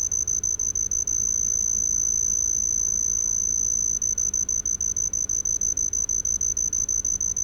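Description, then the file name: Homoeoxipha lycoides cricket producing a high, steady ringing trill, stuttered by quick breaks at the beginning, smooth through the middle, then regularly broken again toward the end, over low background hum. "Homoeoxipha lycoides"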